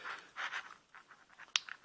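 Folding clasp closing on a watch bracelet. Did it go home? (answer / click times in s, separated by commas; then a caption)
yes / 1.6 s. The fold-over clasp of a stamped-steel bracelet on an Alpha Paul Newman/Daytona watch is pressed closed. After soft handling rustles, it snaps into place with a sharp click at 1.6 s, followed by a smaller tick. The clasp seated but doesn't hold solidly, since it came off again when barely moved.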